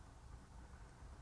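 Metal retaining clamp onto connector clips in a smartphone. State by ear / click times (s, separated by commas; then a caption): not seated / none. A metal retaining clamp is placed on top of the connector clips inside an iPhone 4 (GSM) smartphone and lined up before being pushed home. Only a steady low background rumble is heard, with no sharp sounds. Nothing has clicked or seated yet.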